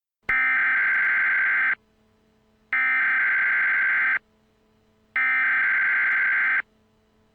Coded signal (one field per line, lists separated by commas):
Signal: Emergency Alert System (SAME) tones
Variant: header bursts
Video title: Doctor Who - Steven Universe Crossover Episodes - Emergency Alert System Broadcasts